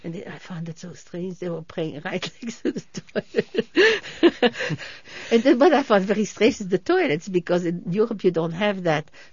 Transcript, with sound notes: And I found it so strange they were praying right against the toilets. ( they laugh ) And then what I found very strange was the toilets, because in Europe you don't have that.